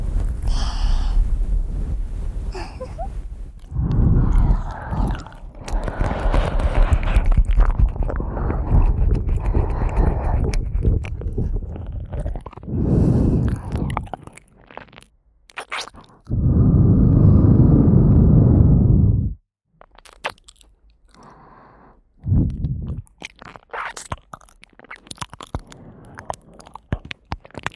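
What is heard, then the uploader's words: Crunchy eating sounds fill the first fourteen seconds with dense, wet chewing and biting. A loud, rumbling burst follows around sixteen to nineteen seconds, then sparser clicks and short crunches with near silence between them. ASMR Sleepy Ear Eating Time.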